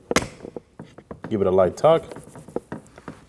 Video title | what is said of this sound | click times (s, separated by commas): How to Replace Rear Power Window Motors 2011-2016 Kia Optima | Push it in until you hear a click. | 0.1 s